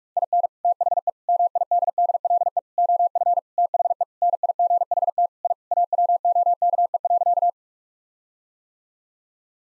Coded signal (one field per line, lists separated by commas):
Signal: Morse code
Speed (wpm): 46 wpm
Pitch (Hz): 700 Hz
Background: none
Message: IN THE MIDDLE OF THE NIGHT I AWOKE.